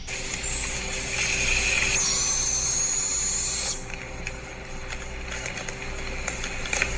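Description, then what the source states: Barred owl, young, giving a thin, very high drawn-out call over loud background noise. Young barred owl, Mount Airy, Maryland; recording enhanced and extended; very high-pitched sound heard three times with much background noise.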